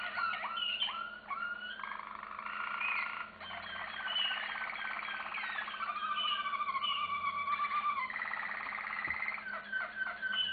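Canary in continuous song, switching between rattling trills and whistled rolls, with a brief dip in volume before the singing resumes.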